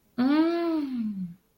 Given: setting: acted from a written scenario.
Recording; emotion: vocal sound without words; desire